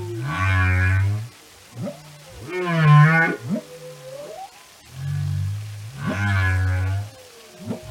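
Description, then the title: Whale song: deep rumbling harmonic moans alternate with short upswept chirps and a loud rich wail, the phrases returning every few seconds. Whale songs and communication. "Whale Behavior"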